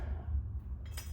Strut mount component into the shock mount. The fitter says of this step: like so press it in snaps in place